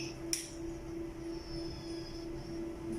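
A B. Braun infusion pump door is pressed closed with the thumbs over the loaded infusion line, giving a sharp, short click at 0.3 s as it latches shut and seats. A steady low tonal hum runs underneath throughout.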